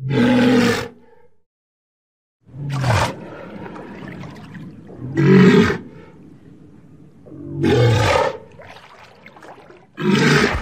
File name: Walrus